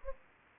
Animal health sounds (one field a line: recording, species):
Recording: mosquito wingbeat signal from an infrared sensor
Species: Anopheles gambiae